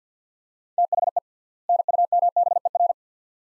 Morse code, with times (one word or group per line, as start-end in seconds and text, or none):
0.8-1.2 THE
1.7-2.9 NUMBER